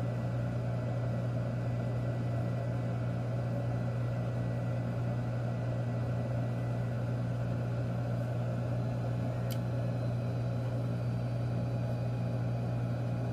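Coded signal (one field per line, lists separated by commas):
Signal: FT8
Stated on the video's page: FT8 through a Micro PA50+ amplifier under testing.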